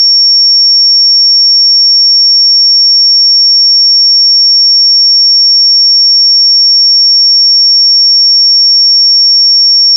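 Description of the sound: A steady, piercing pure tone at about 5500 Hz holds unchanged for the full ten seconds, with no other sound. It is a synthetic reference tone used to determine the pitch of a person's tinnitus.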